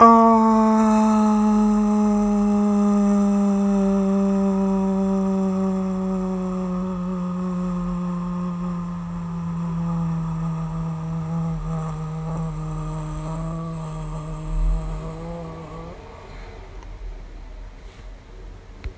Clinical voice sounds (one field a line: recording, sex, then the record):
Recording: sustained vowel /a/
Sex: female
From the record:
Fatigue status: no fatigue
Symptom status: symptomatic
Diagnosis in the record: COVID-19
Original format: m4a